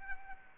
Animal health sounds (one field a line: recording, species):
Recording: mosquito wingbeat signal from an infrared sensor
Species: Anopheles arabiensis